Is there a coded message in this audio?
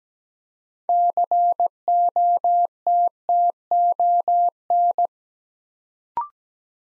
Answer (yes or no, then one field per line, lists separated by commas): yes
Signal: Morse code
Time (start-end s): 0.9-5.1 s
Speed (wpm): 17 wpm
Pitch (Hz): 700 Hz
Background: none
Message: COTTON